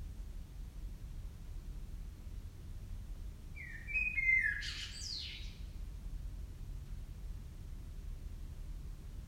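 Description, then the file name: Common blackbird giving one short, bright call near four seconds in, a quick sliding note with a scratchy upper part, over a steady low rumble of background noise. "Turdus merula"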